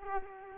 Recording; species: mosquito wingbeat signal from an infrared sensor; Culex quinquefasciatus